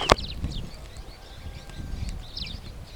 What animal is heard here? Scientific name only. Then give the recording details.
Lamprotornis superbus. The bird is a female. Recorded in Kenya on 3 June 2010. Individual 8, of group CF1